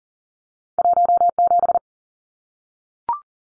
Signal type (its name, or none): Morse code